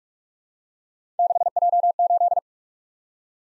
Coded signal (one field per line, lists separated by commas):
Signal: Morse code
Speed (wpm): 47 wpm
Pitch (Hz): 700 Hz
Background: none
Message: 6J8